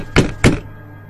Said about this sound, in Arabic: جريت بسرعه جري وخرجت من اوضتي ووصلت لاوضه خالتي وبدات اخبط على الباب مره واثنين وثلاثه هادي، وبعد كده بدات ارزع.